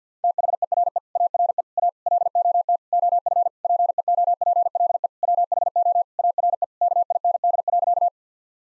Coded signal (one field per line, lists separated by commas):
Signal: Morse code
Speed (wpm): 48 wpm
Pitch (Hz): 700 Hz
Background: none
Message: THERE ARE A LOT OF PEOPLE WHO ARE KIND.